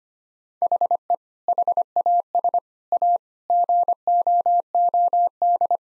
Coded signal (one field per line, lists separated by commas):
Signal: Morse code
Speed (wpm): 25 wpm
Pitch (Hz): 700 Hz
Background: none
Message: HE HAS A GOOD